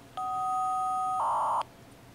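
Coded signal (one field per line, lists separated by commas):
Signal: fast PSK data mode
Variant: PSK500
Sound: two-note steady tone for one second, then a short buzzing data burst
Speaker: I'll push aprs message and it will transmit that as well I'll move it a bit closer so you can hear it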